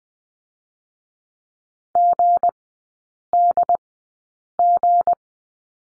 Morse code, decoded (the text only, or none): GDG